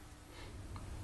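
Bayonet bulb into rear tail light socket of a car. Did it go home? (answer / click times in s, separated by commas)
no / none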